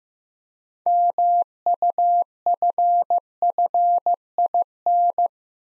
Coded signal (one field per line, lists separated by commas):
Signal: Morse code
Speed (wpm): 15 wpm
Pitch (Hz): 700 Hz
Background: none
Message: MUFFIN